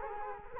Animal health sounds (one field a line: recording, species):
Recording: mosquito wingbeat signal from an infrared sensor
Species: Culex quinquefasciatus